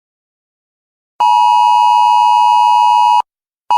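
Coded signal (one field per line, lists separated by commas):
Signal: Emergency Alert System (SAME) tones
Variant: 853 and 960 Hz attention tone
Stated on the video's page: Fictional apocalypse EAS scenario with valid EAS tones.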